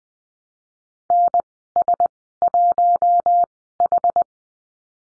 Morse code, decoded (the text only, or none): NS1H